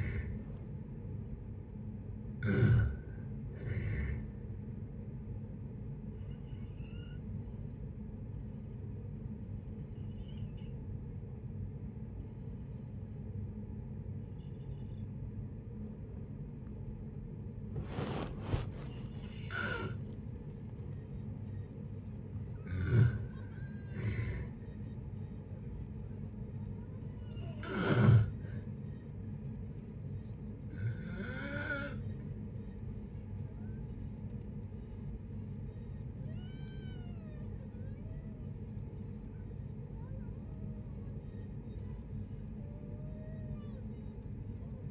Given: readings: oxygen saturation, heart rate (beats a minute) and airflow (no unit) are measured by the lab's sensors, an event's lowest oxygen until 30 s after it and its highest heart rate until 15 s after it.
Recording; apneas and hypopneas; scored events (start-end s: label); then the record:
a person awake in a sleep study, by a smartphone at the bedside; none
0.00-44.91 s: awake
0.00-44.91 s: awake
From the record:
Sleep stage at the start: awake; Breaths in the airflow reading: 14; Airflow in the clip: -0.7 to 0.6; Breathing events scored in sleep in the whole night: 496 in 5.4 hours asleep